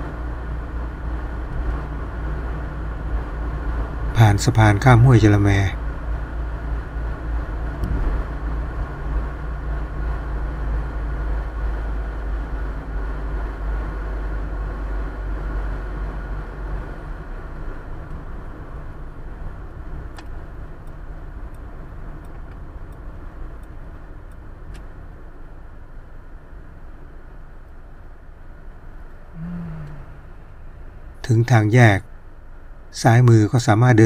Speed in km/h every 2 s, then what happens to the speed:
55, 53, 53, 54, 59, 51, 48, 47, 44, 42, 41, 37, 33, 26, 21, 14, 9.
0-9 steady at about 54. 9-34 slows to 9.